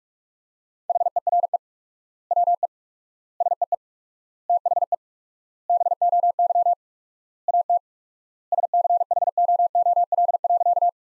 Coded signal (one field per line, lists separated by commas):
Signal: Morse code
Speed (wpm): 46 wpm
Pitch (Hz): 700 Hz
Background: none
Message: HERE WE SEE THE BOY AT SCHOOL.